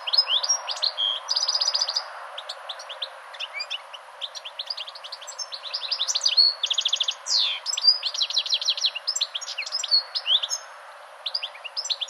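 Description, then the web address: European goldfinch song, a long run of tinkling twitters mixed with dry buzzy trills and sliding notes, delivered in phrases with brief quieter gaps. "chant Chardonneret"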